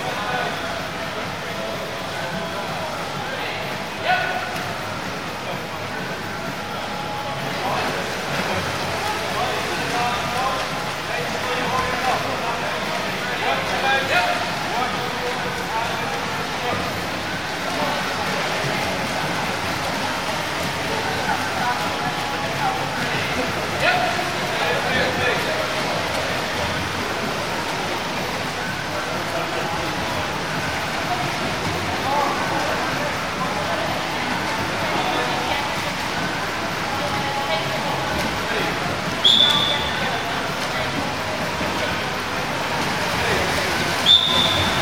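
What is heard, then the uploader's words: Swimmers and divers fill the scene with a steady, dense wash of voices and splashing that never lets up. Scattered louder splashes and shouts pop out every few seconds, and a brief high whistle-like tone sounds near the end. The sounds of the swimmers and divers.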